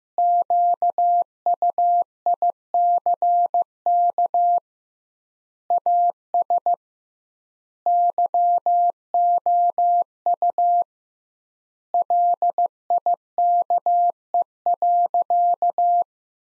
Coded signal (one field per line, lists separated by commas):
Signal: Morse code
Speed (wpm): 15 wpm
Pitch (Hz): 700 Hz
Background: none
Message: QUICK AS YOU LIKE.